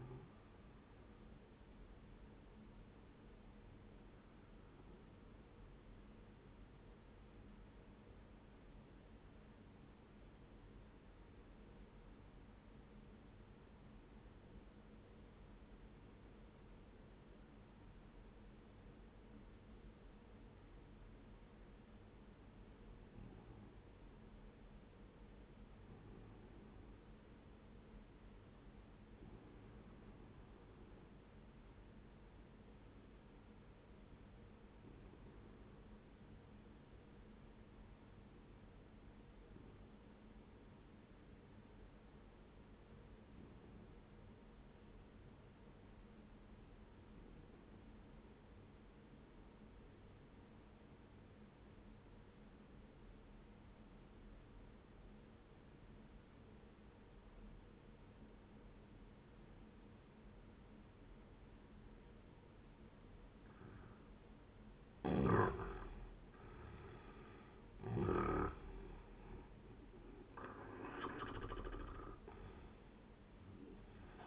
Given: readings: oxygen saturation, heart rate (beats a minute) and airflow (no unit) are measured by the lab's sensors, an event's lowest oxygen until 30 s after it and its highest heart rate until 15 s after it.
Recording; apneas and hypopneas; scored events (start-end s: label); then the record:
breathing in sleep by a voice recorder at the bedside; 1
6.00-64.20 s: obstructive apnea (N1, oxygen 97% highest, then 87% lowest, heart rate 66 at the start, 87 highest)
39.00-69.00 s: new sleep stage, REM sleep
69.00-74.27 s: new sleep stage, N1 (lightest sleep)
From the record:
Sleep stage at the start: N1 (lightest sleep); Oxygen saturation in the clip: 90 to 97%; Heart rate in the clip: 60 to 87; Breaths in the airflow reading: 4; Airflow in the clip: -11.7 to 12.3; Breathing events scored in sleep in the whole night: 131 in 7.2 hours asleep